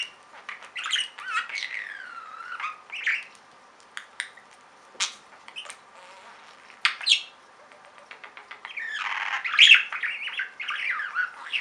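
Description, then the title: Budgerigar calls: clear falling whistled notes and clicks early, sparse chirps, then a loud scratchy warbling burst near the end. "Budgie Sounds"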